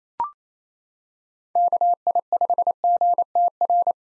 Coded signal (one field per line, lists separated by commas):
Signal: Morse code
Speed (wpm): 28 wpm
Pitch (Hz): 700 Hz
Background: none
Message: KI5GTR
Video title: 2023 POTA Hunter Call Signs - 28wpm